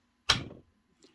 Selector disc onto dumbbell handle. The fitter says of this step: You can see it click and drop in place just like the 552